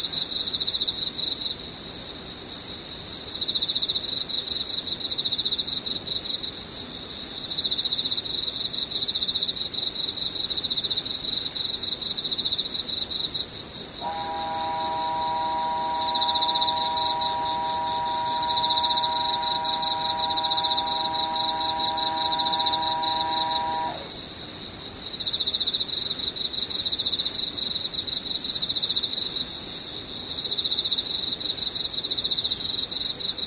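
Insects trill in a high, dense, pulsing chorus that runs the whole way, dropping quieter for short stretches around 2, 7, 13 and 25 seconds before swelling back. From about 14 to 24 seconds a steady, mid-pitched humming tone holds beneath them, then stops.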